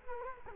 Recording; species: mosquito wingbeat signal from an infrared sensor; Culex quinquefasciatus